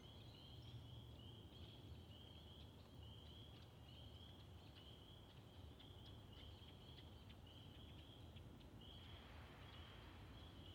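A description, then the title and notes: Spring peepers call in a dense, steady high-pitched chorus over a constant low rumble, with faint clicks scattered throughout. Friday Night, Peepers, Woodcocks & Trains. Recorded in West Kingstown, Rhode Island on Liberty Road near the Great Swamp. Peepers and all the other critters came out.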